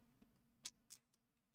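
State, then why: Seated. A snowboard binding's toothed plastic ladder strap is pushed into its ratchet buckle. The ratchet catches with a sharp tick at 0.7 s, followed by a second, softer click near 0.9 s and a faint tick around 1.1 s. The strap is seated in the buckle.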